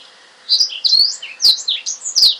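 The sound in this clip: Oriental magpie-robin giving a short burst of bright, up-and-down whistled notes with a few sharp clicks, after a quiet half second.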